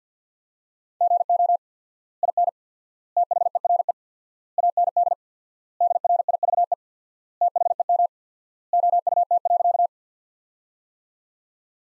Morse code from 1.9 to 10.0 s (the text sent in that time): IN THERE AND DRIVE THEM OUT.